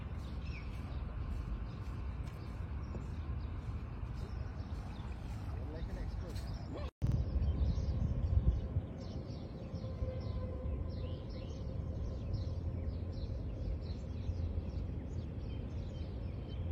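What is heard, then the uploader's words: A morning walk outdoors, with a steady low rumble of traffic beneath scattered bird chirps throughout. A brief cut near seven seconds leads into a slightly louder stretch with a few thumps and faint voices in the background. Morning Walk - Palm Jumeirah, Dubai. The Palm Jumeirah manmade island in the shape of a palm tree in Dubai.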